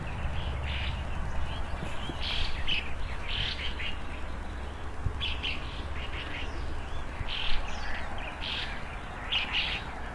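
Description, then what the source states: Birds chirping, bursts of short high notes repeated irregularly over a low steady hum. Early morning, birds playing on branches in front of a rural country house, heard from an opened window; calm, quiet scene.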